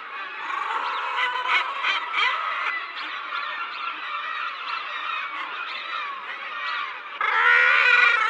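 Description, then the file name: Common guillemot colony calls, a continuous chorus of many overlapping harsh, buzzy growls, growing louder in the last second. "Sillgrissla"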